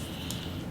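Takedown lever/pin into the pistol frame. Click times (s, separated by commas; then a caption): 0.3 s. During reassembly of an S&W Bodyguard pistol, a metal takedown lever/pin is pushed into its hole in the frame against a spring-loaded bar and wiggled up and down until it seats. A short, sharp snap is heard at 0.3 s over a low, steady background, and the part is seated.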